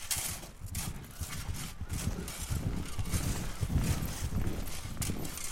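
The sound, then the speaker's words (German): A white horse's hooves clop in a steady walking rhythm, growing gradually louder as the animal approaches, with a soft rustle of background noise and no talking. “Weißt eigentlich, woher er den Gaul gekriegt hat? Diesen Schimmel? Ja. Sag's dir später, der kommt da.”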